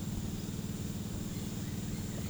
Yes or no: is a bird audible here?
no